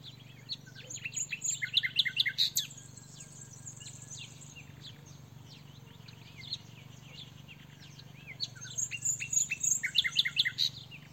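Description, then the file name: Common nightingale song: two quick bursts of varied high chirps and sharp notes with a pause between them, over a steady low background hum. "Luscinia megarhynchos"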